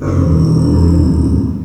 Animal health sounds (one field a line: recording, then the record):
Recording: squeal of a Yucatan mini pig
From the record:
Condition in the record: after surgery on the right vocal fold (resection and tissue-engineered implant)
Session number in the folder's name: 10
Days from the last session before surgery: 86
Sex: female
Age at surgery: 19 weeks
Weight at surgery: 25 kg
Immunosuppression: prednisolone